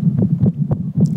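Soft, regular low thumps of an adult man's heartbeat, recorded with a cell phone held to the chest. He has a history of quadruple bypass heart surgery, a stroke and brain surgery.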